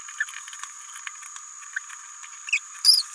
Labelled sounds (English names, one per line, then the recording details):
Green-rumped Parrotlet babbling
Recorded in a nest box in Venezuela
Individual 18B17A3